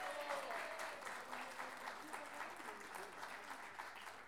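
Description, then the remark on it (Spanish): An audience at a poetry event applauds steadily, a dense wash of many hands clapping at an even, sustained level for several seconds, with faint voices mixed into the noise. “Y por último, este gran aplauso es para ustedes mismos por estar acá.”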